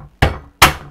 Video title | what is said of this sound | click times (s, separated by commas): Low cost 15KM line of sight WiFi building link. TP-Link CPE710 Assembly | just give that a bit of a helping hand so it all Clips in nicely like that and that is then completely | 0.2 s